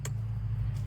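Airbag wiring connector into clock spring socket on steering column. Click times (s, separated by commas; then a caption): 0.1 s. An airbag wiring connector is pushed into the clock spring socket on the steering column of a 2011 Ford Edge, giving a sharp click at 0.1 s over a steady low hum. The click shows the connector is seated and its safety tab has engaged.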